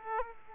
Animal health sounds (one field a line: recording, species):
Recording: mosquito wingbeat signal from an infrared sensor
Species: Aedes aegypti